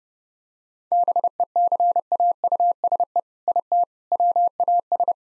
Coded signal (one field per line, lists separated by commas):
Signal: Morse code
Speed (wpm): 30 wpm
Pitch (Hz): 700 Hz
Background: none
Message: BECAUSE IT WAS